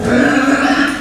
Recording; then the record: squeal of a Yucatan mini pig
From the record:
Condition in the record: after surgery on the right vocal fold (resection and tissue-engineered implant); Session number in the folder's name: 6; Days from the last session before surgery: 40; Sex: female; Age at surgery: 19 weeks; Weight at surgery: 25 kg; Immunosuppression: prednisolone